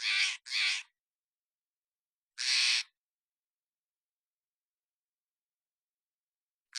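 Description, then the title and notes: Steller's jay uttering coarse, buzzy rasping notes, a quick double call followed by a single rasp, then the start of another at the very end. Calls recorded in the Pacific Northwest, Washington, United States, with a parabolic microphone; processed for clarity with natural pace and rhythm kept. "Steller's Jay. Recorded in the beautiful Pacific Northwest, Washington, United States"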